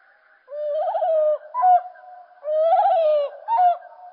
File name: Merle Et Merle Au Ralenti Merle noir ralenti